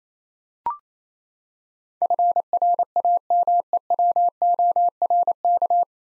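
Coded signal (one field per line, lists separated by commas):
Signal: Morse code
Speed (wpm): 28 wpm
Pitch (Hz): 700 Hz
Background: none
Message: FRAMEWORK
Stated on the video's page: Morse head-copy drill of nine-letter words at 28 wpm, each word sent, spoken, then sent again.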